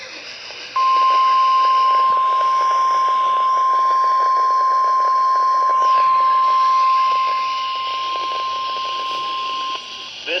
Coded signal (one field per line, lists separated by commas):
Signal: Emergency Alert System (SAME) tones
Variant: 1050 Hz attention tone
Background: speech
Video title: EAS/NWR Alert or message #917-918: Kentucky Tornado Drill for 2022